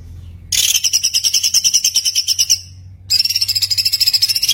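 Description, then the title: White-eye singing in rapid bursts of high, buzzy pulsed notes, with a short pause between two long trills and a low hum underneath. Masteran recording of a gacor (continuously singing) white-eye, given as full tembakan song bursts. "Masteran Burung Pleci Gacor Full Tembakan"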